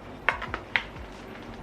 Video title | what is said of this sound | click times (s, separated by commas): Review Dibea D18F Cordless Vacuum Cleaner | Sampai ada bunyi klek gitu. | 0.3 s, 0.8 s